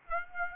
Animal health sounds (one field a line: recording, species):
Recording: mosquito wingbeat signal from an infrared sensor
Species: Aedes aegypti